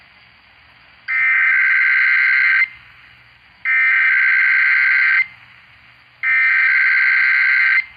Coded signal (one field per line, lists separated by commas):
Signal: Emergency Alert System (SAME) tones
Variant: header bursts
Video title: WELCOME 3500, RWT Tests (EAS #3,499-3,503) More Lamar Arisons Tech #shorts